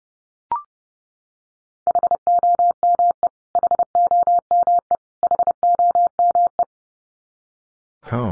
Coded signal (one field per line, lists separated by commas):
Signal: Morse code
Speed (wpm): 30 wpm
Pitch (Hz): 700 Hz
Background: none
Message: HOME HOME HOME